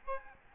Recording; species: mosquito wingbeat signal from an infrared sensor; Aedes albopictus